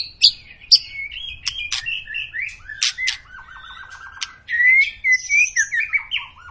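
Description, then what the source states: White-rumped shama song mixing sharp clicks, rich whistled phrases and a brief buzzy rattle. Long lure recording of an energetic, constantly singing White-rumped shama, used to prompt other birds to sing.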